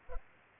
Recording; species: mosquito wingbeat signal from an infrared sensor; Culex pipiens